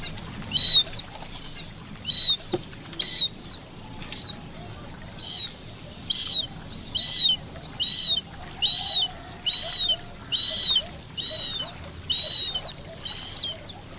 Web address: sound marsh-harrier